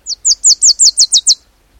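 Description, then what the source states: Wilson's warbler song: a rapid run of eight high, downslurred chipping notes delivered evenly over just over a second, otherwise quiet. Male; migrating south in autumn.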